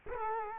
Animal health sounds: mosquito wingbeat signal from an infrared sensor; Culex quinquefasciatus

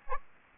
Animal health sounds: mosquito wingbeat signal from an infrared sensor; Aedes aegypti

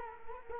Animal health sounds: mosquito wingbeat signal from an infrared sensor; Culex quinquefasciatus

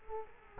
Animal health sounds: mosquito wingbeat signal from an infrared sensor; Culex quinquefasciatus

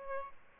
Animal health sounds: mosquito wingbeat signal from an infrared sensor; Aedes albopictus

